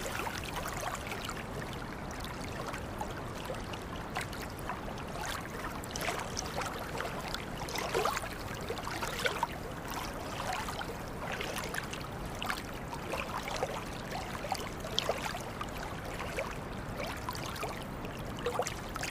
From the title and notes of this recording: Water Sounds For Relaxation In The Greek Islands.